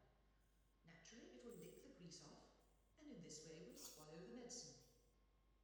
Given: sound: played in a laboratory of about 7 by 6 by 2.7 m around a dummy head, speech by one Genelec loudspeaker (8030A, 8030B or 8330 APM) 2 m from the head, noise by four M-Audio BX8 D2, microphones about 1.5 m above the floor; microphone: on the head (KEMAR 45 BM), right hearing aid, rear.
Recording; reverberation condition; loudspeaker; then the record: female speech in English; high; 30 degrees to the right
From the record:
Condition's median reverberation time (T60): about 1300 ms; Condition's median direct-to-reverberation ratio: about -4.0 dB